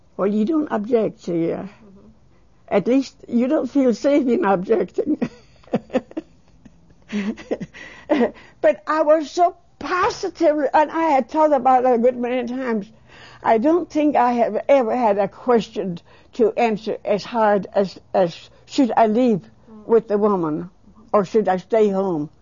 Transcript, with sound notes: you don't object, see. At least you don't feel safe in objecting. (She laughs.) But I was so positive, and I had thought about it a good many times, I don't think I have ever had a question to answer as hard as "should I leave with the woman or should I stay home?"